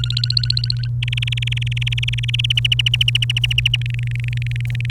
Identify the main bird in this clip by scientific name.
Serinus canaria